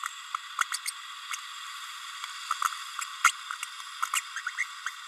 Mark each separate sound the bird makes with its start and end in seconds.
0.71-0.78, 0.85-0.91, 1.31-1.36, 2.64-2.68, 3.24-3.33, 4.13-4.21, 4.57-4.64, 4.86-4.90